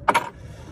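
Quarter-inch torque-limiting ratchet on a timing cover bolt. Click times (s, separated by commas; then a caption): 0.1 s. A quarter-inch ratchet with a built-in torque limiter tightens a timing cover bolt on the plastic covers of a Toyota/Lexus 2UZ-FE engine to 89 inch-pounds during a timing belt install. It gives a sharp click at 0.1 s as it reaches the set torque, followed by a softer second snap at about 0.2 s and then a quiet low background. The torque limiter releases at the setting.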